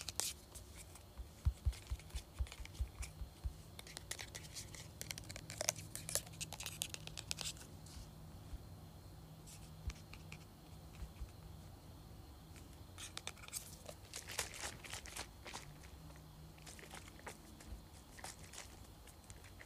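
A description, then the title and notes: A spray bottle is shaken and sprayed, with clattering knocks in the first few seconds. Bright hissing bursts follow, in clusters around six to seven seconds and again from thirteen to eighteen seconds, over a steady low rumble with small clicks between. ASMR Shaking and Spraying Spray Bottle.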